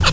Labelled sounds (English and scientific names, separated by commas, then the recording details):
Zebra Finch (Taeniopygia guttata) kackle call
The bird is a male
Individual mal9